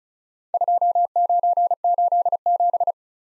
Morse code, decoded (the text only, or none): 2987